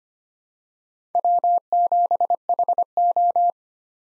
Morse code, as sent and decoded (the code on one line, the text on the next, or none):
.-- --... .... ---
W7HO